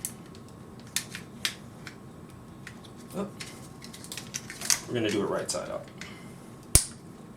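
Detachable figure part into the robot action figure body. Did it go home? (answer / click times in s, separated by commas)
yes / 6.8 s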